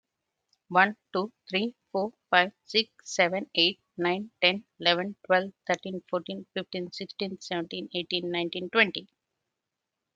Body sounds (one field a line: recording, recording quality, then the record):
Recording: counting at a fast pace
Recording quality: excellent, no background noise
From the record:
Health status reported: healthy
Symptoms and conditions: hypertension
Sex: female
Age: 42 years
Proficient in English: yes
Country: India